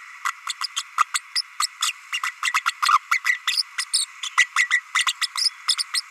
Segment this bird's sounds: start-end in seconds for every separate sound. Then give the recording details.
0.24-0.32, 0.48-0.54, 0.61-0.67, 0.76-0.83, 0.97-1.05, 1.14-1.21, 1.35-1.42, 1.60-1.69, 1.82-1.92, 2.12-2.20, 2.23-2.31, 2.42-2.52, 2.65-2.74, 2.88-2.99, 3.11-3.20, 3.25-3.39, 3.47-3.63, 3.78-3.85, 3.93-4.07, 4.23-4.30, 4.38-4.46, 4.56-4.67, 4.70-4.80, 4.94-5.06, 5.21-5.27, 5.37-5.50, 5.68-5.76, 5.93-6.01. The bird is a female. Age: 32 days. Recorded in a nest box in Venezuela. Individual 17B32A5